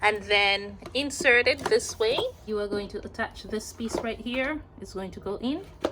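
A woman talks while handling a Globber Primo kids' learning scooter, folding the handlebar mechanism over and guiding the plastic and metal T-bar stem toward the deck socket, where it is meant to clamp. Faint handling noise sits under the talking. The stem has not clamped or clicked into the deck yet.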